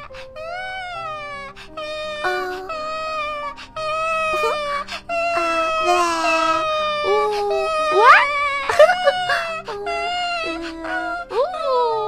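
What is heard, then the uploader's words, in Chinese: A baby cries in long, wavering wails with sharp rising squeals around eight and nine seconds, over a soft hum and faint soothing voices. 婴儿哭-哄睡（情景）。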